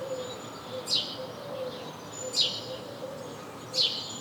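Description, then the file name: House sparrow giving three clipped, descending chirps at roughly one-and-a-half-second intervals over a quiet background with a faint low hum. "Passer domesticus"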